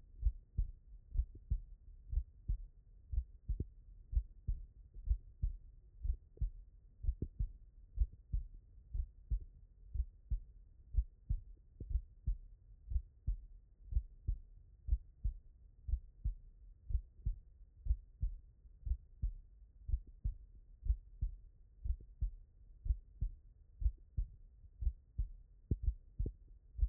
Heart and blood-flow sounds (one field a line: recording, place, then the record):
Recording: heart sounds by stethoscope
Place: tricuspid valve (TV)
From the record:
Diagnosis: non-HFrEF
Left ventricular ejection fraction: 66%